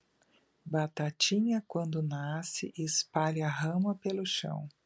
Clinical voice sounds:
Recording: short text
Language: Brazilian Portuguese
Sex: female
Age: 60 to 69 years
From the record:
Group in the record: control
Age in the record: 63 years

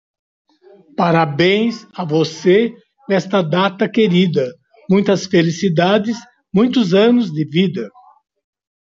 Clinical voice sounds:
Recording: short text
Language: Brazilian Portuguese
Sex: male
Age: 60 to 69 years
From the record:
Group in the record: control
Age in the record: 67 years

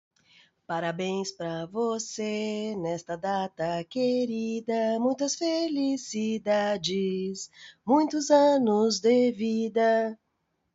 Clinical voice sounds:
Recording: short text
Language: Brazilian Portuguese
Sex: female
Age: 40 to 49 years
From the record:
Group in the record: control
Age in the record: 49 years

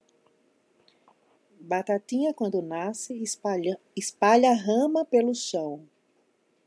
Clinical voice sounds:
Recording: short text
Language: Brazilian Portuguese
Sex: female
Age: 50 to 59 years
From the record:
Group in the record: control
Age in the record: 55 years

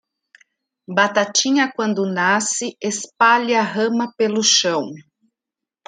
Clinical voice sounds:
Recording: short text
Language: Brazilian Portuguese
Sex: female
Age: 40 to 49 years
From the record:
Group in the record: control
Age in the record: 48 years

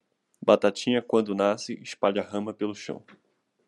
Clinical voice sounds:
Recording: short text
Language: Brazilian Portuguese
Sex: male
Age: 20 to 29 years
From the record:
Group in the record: control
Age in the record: 21 years

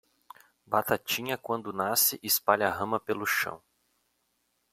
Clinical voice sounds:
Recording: short text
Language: Brazilian Portuguese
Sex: male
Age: 30 to 39 years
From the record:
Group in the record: control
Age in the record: 32 years

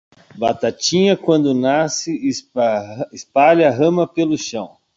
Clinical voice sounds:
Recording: short text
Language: Brazilian Portuguese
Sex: male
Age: 40 to 49 years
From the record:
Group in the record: control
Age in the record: 49 years

